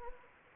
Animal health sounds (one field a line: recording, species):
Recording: mosquito wingbeat signal from an infrared sensor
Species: Anopheles gambiae